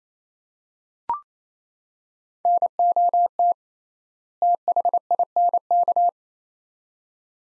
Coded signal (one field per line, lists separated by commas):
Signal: Morse code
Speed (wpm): 28 wpm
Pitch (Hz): 700 Hz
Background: none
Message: NOT THINK